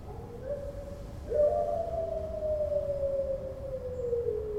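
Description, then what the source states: Dog howl: a long drawn-out tone that begins low, jumps up, then glides slowly downward for several seconds. Friedrichshain, Corinthstraße, Berlin, Germany, 14 September 2012; dog in a patio recorded from a rented apartment's bathroom window; barking and howling for hours.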